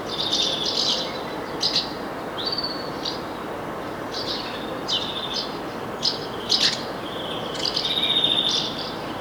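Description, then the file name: European greenfinch calls: short chirps and twittering notes mixed with drawn-out, flat, slightly buzzy tones, coming in bursts over steady background hiss. "Chloris chloris"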